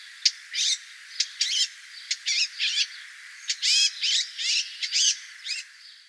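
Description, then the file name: Eurasian blackcap calls, clicking tacks mixed with short scratchy chattering bursts in quick, irregular succession. "Sylvia atricapilla"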